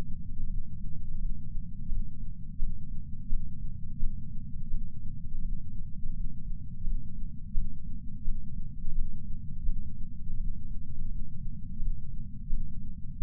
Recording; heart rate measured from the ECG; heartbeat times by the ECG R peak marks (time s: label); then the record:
heart sounds by patch sensor on the chest; 85 bpm
0.44 s: heartbeat
1.16 s: heartbeat
1.86 s: heartbeat
2.57 s: heartbeat
3.27 s: heartbeat
3.98 s: heartbeat
4.68 s: heartbeat
5.39 s: heartbeat
6.11 s: heartbeat
6.82 s: heartbeat
7.52 s: heartbeat
8.23 s: heartbeat
8.93 s: heartbeat
9.64 s: heartbeat
10.35 s: heartbeat
11.06 s: heartbeat
11.77 s: heartbeat
12.48 s: heartbeat
13.18 s: heartbeat
From the record:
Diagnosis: coronary artery disease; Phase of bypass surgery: postoperative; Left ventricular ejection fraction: 68.7%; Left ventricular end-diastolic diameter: 42 mm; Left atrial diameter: 41 mm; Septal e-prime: 3.9 cm/s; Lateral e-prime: 4.9 cm/s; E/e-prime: 19.8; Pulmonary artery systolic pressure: 30 mmHg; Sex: female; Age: 73 years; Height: 160 cm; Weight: 70 kg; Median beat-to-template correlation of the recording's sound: 0.85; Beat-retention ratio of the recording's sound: 0.98